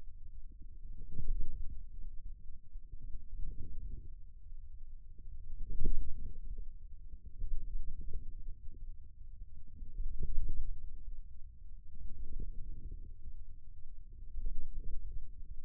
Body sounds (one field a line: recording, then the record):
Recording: forearm muscle sounds (acoustic myography)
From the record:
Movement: wrist flexion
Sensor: system 2, bracelet of six BSWA MPA416 microphones around the upper forearm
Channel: 1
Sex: male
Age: 22 years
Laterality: right